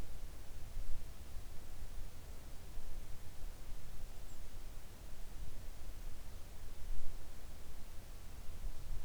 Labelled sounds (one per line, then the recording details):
near silence
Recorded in the Arctic National Wildlife Refuge, Alaska, on 3 August 2019 at 06:15
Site 41